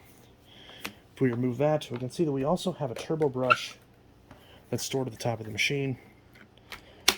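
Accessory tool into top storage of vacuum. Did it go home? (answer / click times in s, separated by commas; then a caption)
yes / 7.1 s. Someone talks while handling a Dirt Devil Multi-Surface Total Home Pet vacuum (UD76410), whose accessory tool, a turbo brush, is stored at the top of the machine. Near the end, the tool snaps into its top storage spot with a sharp click at 7.1 s, seating it firmly in place.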